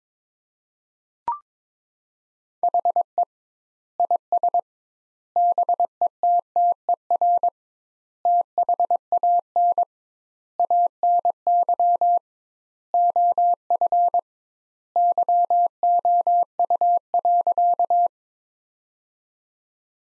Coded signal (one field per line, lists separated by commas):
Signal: Morse code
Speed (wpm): 22 wpm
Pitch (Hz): 700 Hz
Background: none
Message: HE IS BETTER THAN ANY OF YOU.